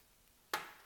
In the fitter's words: yeah see a little click there that means it's ready to go in